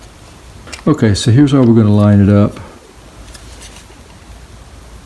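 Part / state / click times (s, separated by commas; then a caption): cordless shear cutting head onto telescopic pole / not seated / none. The cordless shear cutting head of a Sun Joe 2-in-1 cordless pole shears/hedger is lined up with the small track on the telescopic pole tube before being pushed onto the locking tab. A brief handling bump comes at about 0.7 s, then someone talks from roughly 0.9 to 2.5 s over a low, steady background hiss. Nothing has snapped or locked in place yet.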